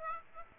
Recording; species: mosquito wingbeat signal from an infrared sensor; Aedes aegypti